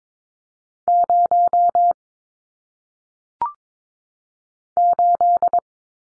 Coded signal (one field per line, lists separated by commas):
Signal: Morse code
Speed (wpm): 22 wpm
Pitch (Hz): 700 Hz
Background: none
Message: 0 8